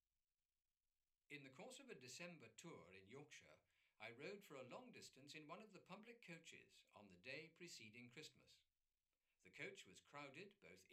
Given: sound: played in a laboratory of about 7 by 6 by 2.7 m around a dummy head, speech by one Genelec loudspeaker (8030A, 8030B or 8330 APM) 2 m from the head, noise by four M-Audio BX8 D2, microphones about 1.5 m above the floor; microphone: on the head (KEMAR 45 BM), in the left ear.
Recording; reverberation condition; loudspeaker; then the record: male speech in English; low; 30 degrees to the left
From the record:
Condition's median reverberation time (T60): about 310 ms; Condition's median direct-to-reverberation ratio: about 3.5 dB